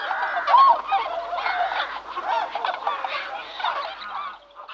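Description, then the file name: Bewick's swan flock calls, a dense overlapping chorus of soft honking and yelping notes, one louder call near the start, then continuous babble. "Bewick's Swan (Cygnus columbianus)"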